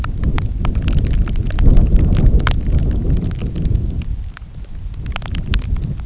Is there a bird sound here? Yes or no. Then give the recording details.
no. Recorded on Arctic tundra, site NAIT-1, on 27 June 2019. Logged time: 00:00